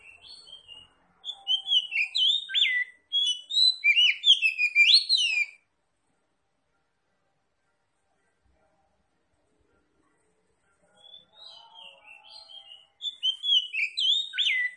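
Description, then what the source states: Oriental magpie-robin singing rich bursts of quick, varied whistles and downslurred notes, a long silence, then soft notes leading into another loud phrase. Local type called Kacer Tretes; described as gacor, meaning singing vigorously.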